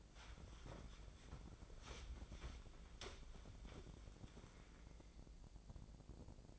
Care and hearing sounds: daily activity, microphone in the room; wipe stove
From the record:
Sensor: 5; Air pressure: 1012.4 hPa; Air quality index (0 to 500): 157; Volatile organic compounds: 2 ppm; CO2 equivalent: 1069 ppm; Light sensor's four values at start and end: 161/384/165/188 and 159/379/163/185

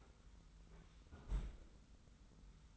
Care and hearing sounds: daily activity, microphone in the room; close fridge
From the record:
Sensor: 3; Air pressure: 990.9 hPa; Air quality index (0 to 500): 122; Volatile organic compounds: 107 ppm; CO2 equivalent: 3801 ppm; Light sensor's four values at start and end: 28/68/27/26 and 29/68/27/26

